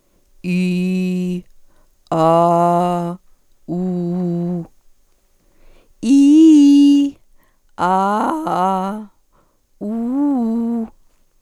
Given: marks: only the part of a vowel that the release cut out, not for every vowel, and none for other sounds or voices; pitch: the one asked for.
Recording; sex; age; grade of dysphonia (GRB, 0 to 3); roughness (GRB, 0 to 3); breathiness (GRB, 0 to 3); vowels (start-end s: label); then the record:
sustained vowels; female; 40 to 49 years; 0; 0; 0
0.57-1.31 s: vowel /i/, low pitch
2.23-3.00 s: vowel /a/, low pitch
3.78-4.57 s: vowel /u/, low pitch
6.14-6.96 s: vowel /i/, low-high-low pitch
7.87-8.83 s: vowel /a/, low-high-low pitch
9.92-10.77 s: vowel /u/, low-high-low pitch
From the record:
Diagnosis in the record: hyperfunctional dysphonia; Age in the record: 49 years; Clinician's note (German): Ponogen